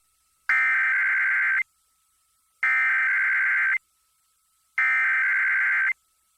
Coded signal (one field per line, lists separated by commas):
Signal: Emergency Alert System (SAME) tones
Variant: header bursts